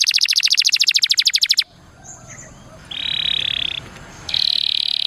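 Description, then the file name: Atlantic canary song: a rapid, steady trill of high notes for under two seconds, a pause, then two flat buzzy rolls. Song in the cengkok mewah (ornate) style. "suara kenari cengkok mewah"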